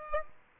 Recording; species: mosquito wingbeat signal from an infrared sensor; Aedes aegypti